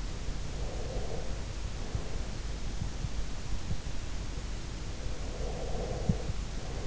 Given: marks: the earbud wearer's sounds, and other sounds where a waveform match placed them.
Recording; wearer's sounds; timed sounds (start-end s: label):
sounds in sleep by an in-ear microphone; breath
0.47-2.26 s: breath
5.25-6.86 s: breath